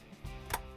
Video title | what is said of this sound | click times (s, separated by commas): How To: Whirlpool/KitchenAid/Maytag Dishwasher Door Latch Strike WPW10544004 | slide it into place, and it should snap right in. | 0.5 s